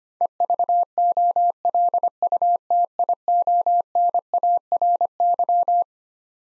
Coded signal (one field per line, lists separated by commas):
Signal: Morse code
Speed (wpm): 25 wpm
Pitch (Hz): 700 Hz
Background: none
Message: EVOLUTIONARY